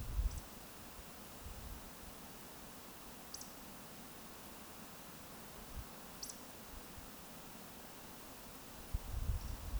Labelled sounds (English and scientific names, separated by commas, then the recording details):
Eurasian Woodcock (Scolopax rusticola) whistle
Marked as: whistle, whistle, whistle, whistle
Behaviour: display flight
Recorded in Baden-Württemberg, Germany, on 16 May 2020 at 02:34 UTC
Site 46190, 1214 m above sea level